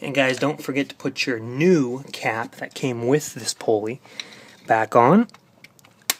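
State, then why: Seated. A new plastic dust cap that came with the replacement idler pulley is pressed onto the centre of the pulley on a BMW E65/E66 serpentine belt drive. Someone talks for most of the clip, then a few small clicks lead to a sharp snap at 6.1 s as the cap seats into place.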